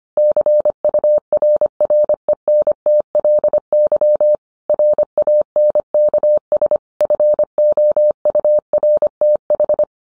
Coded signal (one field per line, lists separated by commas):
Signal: Morse code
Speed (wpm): 25 wpm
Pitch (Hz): 600 Hz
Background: none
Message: CURRENTLY RANKS FOURTH